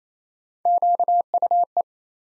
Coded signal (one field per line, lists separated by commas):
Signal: Morse code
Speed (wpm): 27 wpm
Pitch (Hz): 700 Hz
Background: none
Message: QUE